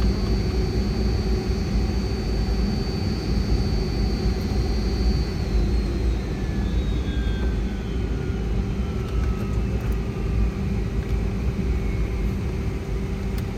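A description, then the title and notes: A Boeing 757 in flight: a dense, steady engine roar with a heavy low rumble and constant hum holding level throughout. A high whine slides slowly downward across the middle, and a few faint clicks appear near the end. FULL FLIGHT - Boeing 757 Frankfurt to Palma (Condor) - WHITE NOISE.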